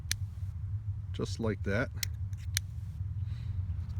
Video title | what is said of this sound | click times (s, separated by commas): Foxelli MX500 Headlamp-Ultimate Rechargable Headlamp? | drops down and you can hear it clicks into place just like | 0.1 s